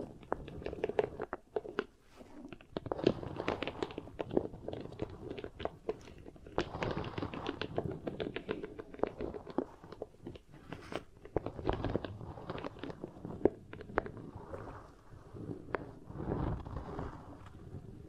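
Beeswax is pressed and squished in dense, irregular sticky crackles and taps, continuing without pause, with brief louder clicks scattered throughout.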